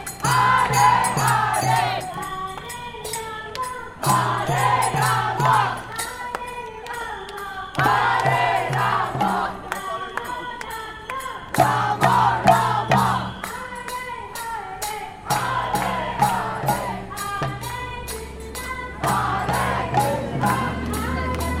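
Lively music from an Indian chariot festival parade through a city street, with singing or chanting over steady drumbeats and bright, regular cymbal or bell strikes. The loud, dense rhythm repeats in phrases every couple of seconds, with a faint crowd murmur underneath.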